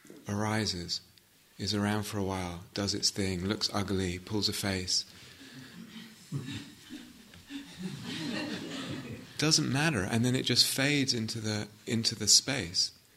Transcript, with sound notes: arises, is around for a while, does its thing, looks ugly, pulls a face. [laughter] Doesn't matter. And then it just fades into the space.